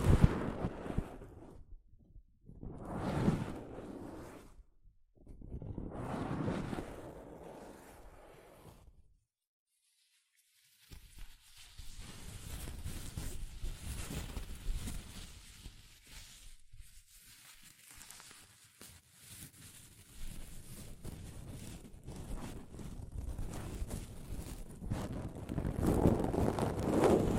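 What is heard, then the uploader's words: Soft fabric brushes against a microphone in rough, rustling swells. The first nine seconds bring separate low, muffled sweeps, then near silence around ten seconds. After that the rubbing turns continuous and denser, with scratchy flicks and a louder, fuller passage near the end. ASMR Mic Brushing using Soft Fabric (No Talking).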